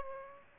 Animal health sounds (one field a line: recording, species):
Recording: mosquito wingbeat signal from an infrared sensor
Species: Aedes aegypti